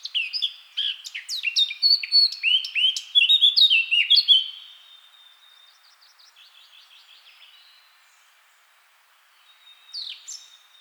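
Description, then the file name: Eurasian blackcap delivering a rich, rapid warble of chirps and fluty notes for over four seconds, then soft repeated twitters and one short final phrase. "Sylvia atricapilla"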